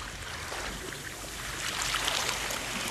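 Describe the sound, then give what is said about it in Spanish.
Sea waves make a steady, hissing rush of water that swells louder partway through and keeps surging without pause. No voices are present. “Ve acoplando tu respiración al sonido de las olas marinas.”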